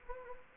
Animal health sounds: mosquito wingbeat signal from an infrared sensor; Anopheles gambiae

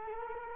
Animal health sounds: mosquito wingbeat signal from an infrared sensor; Culex quinquefasciatus

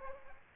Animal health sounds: mosquito wingbeat signal from an infrared sensor; Aedes aegypti

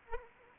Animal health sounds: mosquito wingbeat signal from an infrared sensor; Aedes aegypti

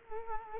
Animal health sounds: mosquito wingbeat signal from an infrared sensor; Culex quinquefasciatus

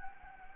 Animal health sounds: mosquito wingbeat signal from an infrared sensor; Anopheles gambiae

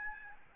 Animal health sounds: mosquito wingbeat signal from an infrared sensor; Aedes albopictus

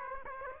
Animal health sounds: mosquito wingbeat signal from an infrared sensor; Aedes aegypti

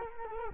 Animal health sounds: mosquito wingbeat signal from an infrared sensor; Culex quinquefasciatus

